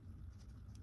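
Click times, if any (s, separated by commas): none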